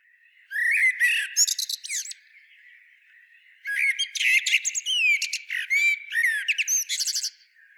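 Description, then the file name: Common blackbird singing two phrases, each a rapid jumble of warbled notes, rising slurs and high squeaky twitters, separated by a short silence. "Turdus merula"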